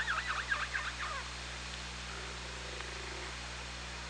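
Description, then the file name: Orca pulsed calls, a rapid run of harmonic bursts over about one second, followed by a faint low tone amid background hiss. OrcaLab, 24 August 2017, 17:35. "Orca Lab 20170824 173512"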